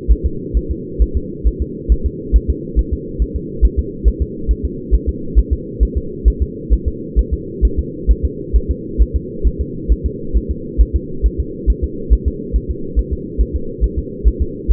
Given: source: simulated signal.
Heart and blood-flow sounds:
fetal heart sounds
0.12 s: S1
0.26 s: S2
0.57 s: S1
0.71 s: S2
1.02 s: S1
1.17 s: S2
1.47 s: S1
1.62 s: S2
1.92 s: S1
2.06 s: S2
2.36 s: S1
2.50 s: S2
2.79 s: S1
2.93 s: S2
3.22 s: S1
3.36 s: S2
3.65 s: S1
3.79 s: S2
4.08 s: S1
4.22 s: S2
4.51 s: S1
4.65 s: S2
4.95 s: S1
5.09 s: S2
5.39 s: S1
5.53 s: S2
5.83 s: S1
5.97 s: S2
6.28 s: S1
6.42 s: S2
6.73 s: S1
6.88 s: S2
7.19 s: S1
7.33 s: S2
7.65 s: S1
7.79 s: S2
8.11 s: S1
8.25 s: S2
8.56 s: S1
8.71 s: S2
9.02 s: S1
9.16 s: S2
9.47 s: S1
9.61 s: S2
9.92 s: S1
10.06 s: S2
10.37 s: S1
10.51 s: S2
10.81 s: S1
10.96 s: S2
11.26 s: S1
11.40 s: S2
11.70 s: S1
11.84 s: S2
12.13 s: S1
12.28 s: S2
12.56 s: S1
12.71 s: S2
12.99 s: S1
13.13 s: S2
13.41 s: S1
13.56 s: S2
13.84 s: S1
13.98 s: S2
14.27 s: S1
14.42 s: S2
14.72 s: S1
From the record:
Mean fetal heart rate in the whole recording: 135 bpm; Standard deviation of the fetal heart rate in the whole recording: 3 bpm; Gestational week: 34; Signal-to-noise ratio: -4.3 dB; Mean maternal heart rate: 72 bpm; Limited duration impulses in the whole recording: absent

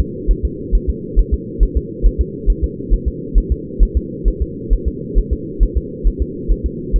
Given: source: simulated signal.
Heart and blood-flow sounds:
fetal heart sounds
0.00 s: S2
0.31 s: S1
0.45 s: S2
0.75 s: S1
0.90 s: S2
1.19 s: S1
1.34 s: S2
1.63 s: S1
1.77 s: S2
2.06 s: S1
2.21 s: S2
2.50 s: S1
2.64 s: S2
2.94 s: S1
3.08 s: S2
3.38 s: S1
3.52 s: S2
3.83 s: S1
3.97 s: S2
4.28 s: S1
4.42 s: S2
4.73 s: S1
4.88 s: S2
5.19 s: S1
5.33 s: S2
5.63 s: S1
5.77 s: S2
6.08 s: S1
6.22 s: S2
6.52 s: S1
6.66 s: S2
6.96 s: S1
From the record:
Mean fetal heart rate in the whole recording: 135 bpm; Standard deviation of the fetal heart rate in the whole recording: 3 bpm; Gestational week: 36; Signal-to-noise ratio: -4.1 dB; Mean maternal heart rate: no maternal heart sound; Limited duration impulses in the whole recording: absent

